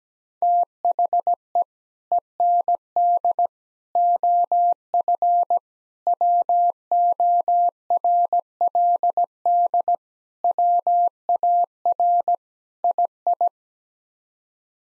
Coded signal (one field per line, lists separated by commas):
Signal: Morse code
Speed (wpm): 17 wpm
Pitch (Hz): 700 Hz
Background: none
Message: THE END OF WORLD WAR II